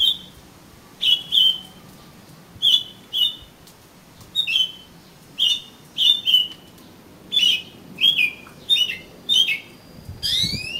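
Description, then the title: Oriental magpie-robin whistling a series of short notes, ending in a rapid tumbling flourish. "Kacer Kacer"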